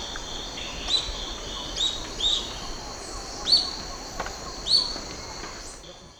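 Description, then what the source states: Olive-faced Flatbill call, several short high notes repeated at irregular intervals against a continuous insect hum. Recorded in Ecuador.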